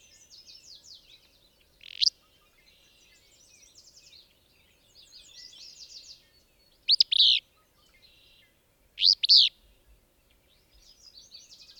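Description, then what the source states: Willow Flycatcher song: a short buzzy note, then two sneezy two-part phrases a few seconds apart, with faint trills between. Same individual as a previous recording, recorded at a range of about 20 feet.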